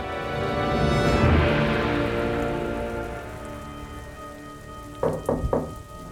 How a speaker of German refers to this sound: Doch hier geschieht etwas Schreckliches. Sie geraten in einen fürchterlichen Sturm. Das Schiff sinkt.